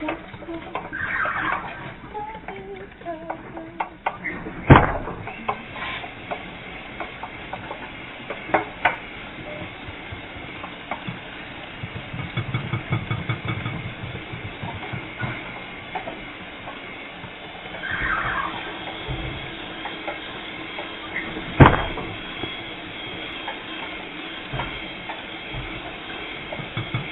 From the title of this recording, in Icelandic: Brot af bakstri